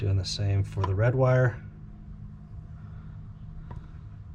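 A crimped red wire terminal is being handled for insertion into a plastic connector housing while wiring front blinkers on a CRF450L. Someone talks for the first second and a half, then there is only quiet handling with a brief faint tick near 3.7 s. Nothing has seated or clicked yet.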